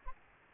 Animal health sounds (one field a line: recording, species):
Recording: mosquito wingbeat signal from an infrared sensor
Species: Aedes albopictus